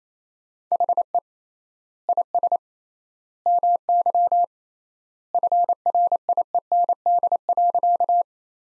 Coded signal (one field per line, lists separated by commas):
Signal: Morse code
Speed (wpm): 27 wpm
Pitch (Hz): 700 Hz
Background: none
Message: HE IS MY FRIEND.